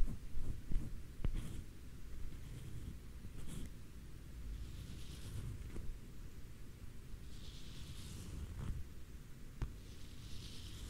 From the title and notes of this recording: BRUSHING TEXTURE ASMR NO TALKING, BRUSHING COMB SOUND, ASMR FABRIC BRUSHING.